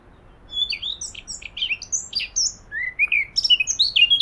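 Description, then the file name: Eurasian blackcap warbling, varied high chirps and slurred whistles tumbling quickly, with a few lower fluty notes toward the end. "Sylvia atricapilla"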